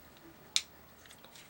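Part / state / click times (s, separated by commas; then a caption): plastic blade into the arm of an action figure / seated / 0.6 s. A plastic arm blade on a transforming action figure is pushed back and clicks sharply into place at 0.6 s; it is quite firm to get in. A couple of faint small ticks follow near 1.2 and 1.4 s, and the blade is seated.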